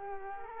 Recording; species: mosquito wingbeat signal from an infrared sensor; Culex quinquefasciatus